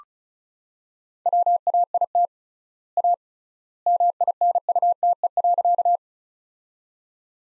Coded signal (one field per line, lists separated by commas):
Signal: Morse code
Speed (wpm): 34 wpm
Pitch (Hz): 700 Hz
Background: none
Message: WAIT A MINUTE.